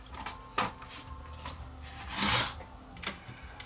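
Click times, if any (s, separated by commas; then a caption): none. A plastic front panel is handled and slid back toward the chassis of an Emerson VCR4003 VCR, with a sharp knock at about 0.6 s, a broad scraping rub around 2.2–2.5 s, and light taps near 3.0 and 3.6 s. The panel has not snapped into place yet; nothing has seated or clicked by the end.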